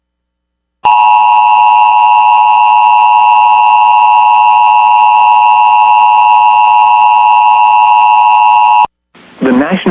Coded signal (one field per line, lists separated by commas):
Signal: Emergency Alert System (SAME) tones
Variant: 853 and 960 Hz attention tone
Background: speech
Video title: EAS Tornado Watch for Portions of Central and Northern Minnesota NOAA Weather Radio KIG64 Duluth